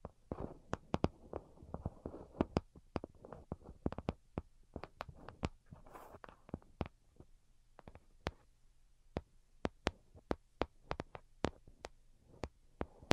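Delicate tapping in quick, uneven clusters, each tap a short crisp click. The taps are dense in the first few seconds, then come more spaced and irregular, over a soft rustling and a faint low hum that runs beneath most of the clip.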